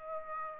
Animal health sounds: mosquito wingbeat signal from an infrared sensor; Aedes aegypti

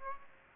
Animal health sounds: mosquito wingbeat signal from an infrared sensor; Aedes aegypti

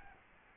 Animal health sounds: mosquito wingbeat signal from an infrared sensor; Aedes albopictus

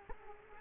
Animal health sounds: mosquito wingbeat signal from an infrared sensor; Culex quinquefasciatus

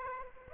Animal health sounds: mosquito wingbeat signal from an infrared sensor; Aedes aegypti

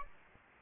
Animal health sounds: mosquito wingbeat signal from an infrared sensor; Aedes albopictus

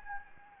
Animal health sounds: mosquito wingbeat signal from an infrared sensor; Anopheles gambiae

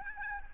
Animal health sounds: mosquito wingbeat signal from an infrared sensor; Aedes albopictus

